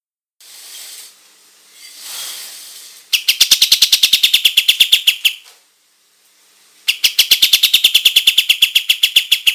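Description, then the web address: Olive-winged bulbul song: two long runs of very rapid high chirps separated by a silent gap, preceded by soft hissing rustle. Singing in full, active voice (gacor). "kapas-tembak suara-burung-kapas-tembak-gacor"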